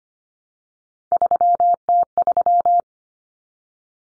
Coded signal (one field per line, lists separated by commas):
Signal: Morse code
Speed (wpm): 25 wpm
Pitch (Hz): 700 Hz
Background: none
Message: 3T3